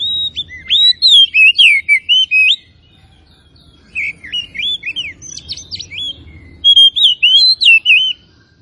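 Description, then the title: Oriental magpie-robin singing three bursts of bright, warbled whistles and chirps, separated by brief quiet gaps. Tretes; singing gacor (vigorously and continuously). "Kacer Tretes"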